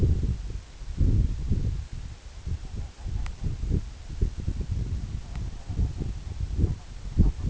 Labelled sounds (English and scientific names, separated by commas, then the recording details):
King Eider (Somateria spectabilis)
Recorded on Arctic tundra, site EABA-1, on 26 June 2018
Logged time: 08:00